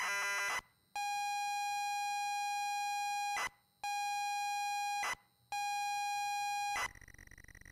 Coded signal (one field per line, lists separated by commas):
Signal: ZX Spectrum tape loading